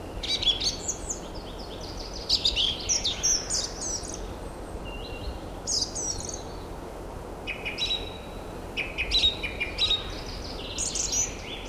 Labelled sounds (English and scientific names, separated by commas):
Song Thrush (Turdus philomelos) song